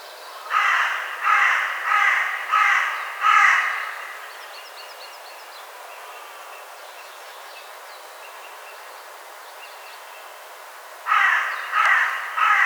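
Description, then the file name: Carrion crow delivering a series of hoarse caws, a long quiet gap with faint bird chirps, then several more caws. "Corvus corone"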